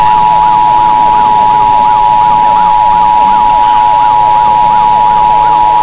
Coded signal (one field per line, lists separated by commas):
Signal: Emergency Alert System (SAME) tones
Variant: 853 and 960 Hz attention tone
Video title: The SMG3 Invasion: Zombie Plague: The Future (An EAS Scenario)